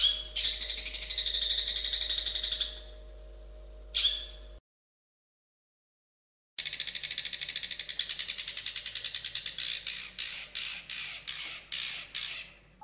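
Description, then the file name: Long-tailed shrike rattling: a long harsh chatter and a brief rasp, a silent break, then a fast buzzy series of scratchy notes that slowly spaces out. "suara burung cendet"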